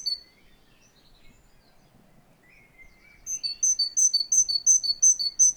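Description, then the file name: Great tit: quiet scattered chirps from birds at first, then a loud run of rhythmic two-note phrases, high and lower, repeated rapidly to the end. "Parus major"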